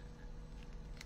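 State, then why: Not seated. After two small batteries are put into an electric eraser, its battery cover is handled and turned toward its clipped-shut position. Over a steady low background hum, there are brief handling ticks at about 0.6 s and a sharper one at 1.0 s. The cover has not clicked or seated yet.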